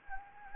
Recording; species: mosquito wingbeat signal from an infrared sensor; Anopheles gambiae